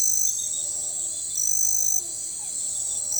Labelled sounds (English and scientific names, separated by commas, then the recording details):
none
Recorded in forest near Pivijay, Magdalena, Colombia, on 15 April 2023 at 01:30
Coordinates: 10.467, -74.380
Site Z5-G034